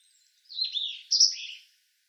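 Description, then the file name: European robin singing one short, sweet phrase of two linked warbling notes, the second higher and brighter. "Erithacus rubecula"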